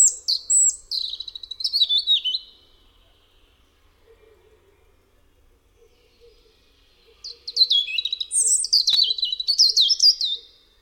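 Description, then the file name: European robin singing two high, sweet warbling phrases of thin whistles and rapid trills, separated by a pause of several seconds, with a faint low hum beneath. "RUDZIK"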